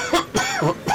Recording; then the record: coughing mixed with background sound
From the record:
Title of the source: Dry Coughing Fit in the Afternoon.